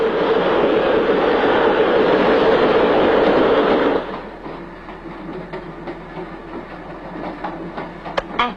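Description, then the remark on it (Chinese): A train rumbles along the rails with a loud, steady roar for about four seconds, then drops to a softer rolling rattle with scattered clicks and clacks. “你说这火车要去澳洲的话，该多好啊！”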